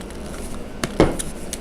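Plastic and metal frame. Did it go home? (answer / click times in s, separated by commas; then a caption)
no / none. The plastic and metal trolley base of a Badger Basket 14956 3 in 1 doll carrier is pushed and folded down under the travelling case, giving short hard knocks and rattles near 0.8, 1.0 and 1.5 seconds. The base is still being handled and has not clicked into place yet.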